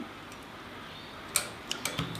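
A metal retaining spring clip that holds the fork seal is pressed down into its groove in a motorcycle fork leg. After a quiet stretch of low background noise, a sharp click sounds at 1.4 s, followed by fainter ticks around 1.7, 1.9 and 2.0 s. The clip is confirmed seated in the groove.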